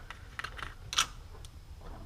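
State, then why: Seated. A metal injector connector tube on a Cummins engine is pushed into the cylinder head and pops into place at about 0.9 s. The pop is a sharp, bright click that rings up high, and it lands after a few softer ticks and taps. The tube is seated, and it makes the same pop the injector itself made.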